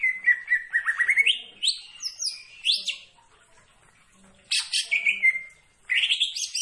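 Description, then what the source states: Leafbird singing mixed whistles, rising slurs and buzzy notes, a short silence midway, then more high descending phrases. Singing actively (gacor).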